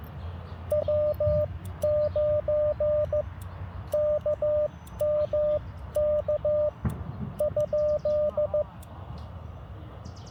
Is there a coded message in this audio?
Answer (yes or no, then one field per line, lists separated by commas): yes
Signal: Morse code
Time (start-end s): 0.7-8.6 s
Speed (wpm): 15 wpm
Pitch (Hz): 600 Hz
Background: none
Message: W9KMK ?